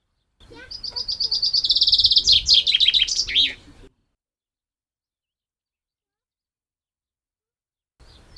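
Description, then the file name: Common chaffinch song: one phrase of rapid repeated notes that falls in pitch and ends in a flourish, then about four seconds of silence before another phrase begins at the end. "Fringilla coelebs"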